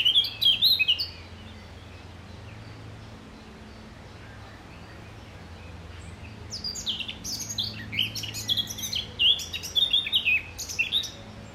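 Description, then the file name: Eurasian blackcap gives a brief warbled burst, falls silent for several seconds, then returns with a longer stream of quick chattering and whistled notes; low hum throughout. "Sylvia atricapilla"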